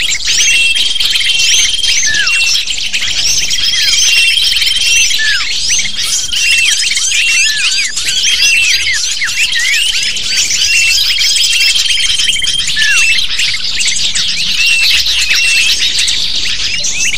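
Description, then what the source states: Lovebird flock calling nonstop, dense high chirping and squealing notes, with a few steady whistled tones threaded through. Recording of lovebird calls used to lure lovebirds.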